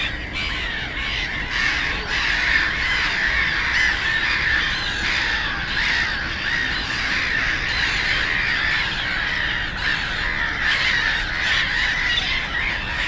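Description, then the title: Black-headed gulls giving harsh, grating calls in a busy flock chorus over steady low traffic rumble. Many black-headed gulls, loudest of plentiful birds on ponds of a former coal-mining area, Frog Ponds nature complex, Bytom, Poland; road DK79 and railway noise. "Żabie Doły, Bytom, Polska - Black-headed gulls at Frog Ponds complex"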